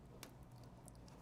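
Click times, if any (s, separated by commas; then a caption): 0.2 s. During a PC build, a part near the stock AMD CPU cooler is pushed hard into the motherboard or case, giving a sharp broadband click at 0.2 s over a steady low hum, followed by a few faint ticks near 0.9 and 1.1 s. The push took force, and the part clicks in and is seated.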